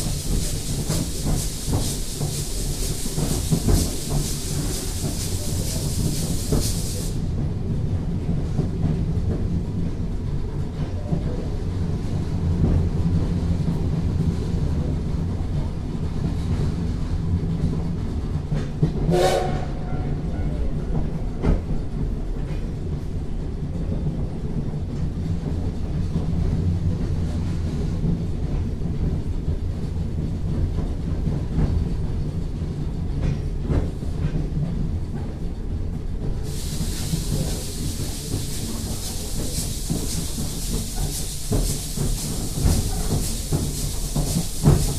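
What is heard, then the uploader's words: A steam locomotive pulls out of a station, a steady low rumble of the train running throughout. Loud bright steam hiss fills the opening seconds, drops away, then returns strongly near the end, with a single sharp metallic clank around the middle. SLニセコ号 小樽駅発車走行音 "Steam Locomotive Traim NISEKO" Otaru Station departure sound. 徐々に加速する際の蒸気音が情緒たっぷりです。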